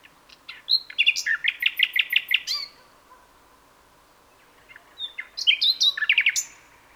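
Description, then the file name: Common nightingale song: a long rapid phrase of repeated sharp notes lasting over a second, silence, then a shorter varied trilling phrase. "Luscinia megarhynchos"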